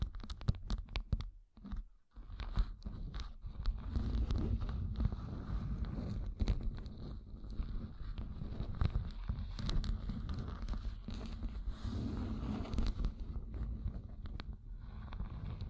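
Gem-covered fingertips tap sharply at first, then after a brief pause near two seconds settle into dense, steady scratching with scattered clicks and low rumble.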